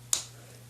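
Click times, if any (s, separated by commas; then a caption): 0.1 s. The plastic hips of a Fansproject Thundershred (Shrapnel) transforming action figure are pushed back along a slider in the figure's waist until they snap into place. A single sharp, bright snap sounds at 0.1 s against a quiet background with a low steady hum. The hips are seated.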